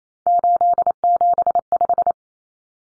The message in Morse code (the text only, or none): 875